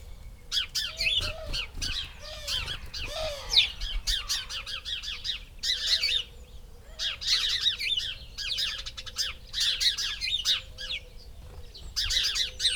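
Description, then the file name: House sparrows chirping in a busy, overlapping series of short, harsh notes, with a faint low tonal hum running beneath. "Passer domesticus"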